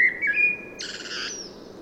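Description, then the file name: Common blackbird, a clear whistled note held briefly, then a harsh, buzzy high rattle lasting about half a second. "Turdus merula"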